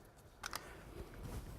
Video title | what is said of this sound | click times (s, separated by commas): Ignition Firepower Upgrade Project RSX | going to get it down so far got gel on my connector seat that listen for the click | 0.5 s, 0.6 s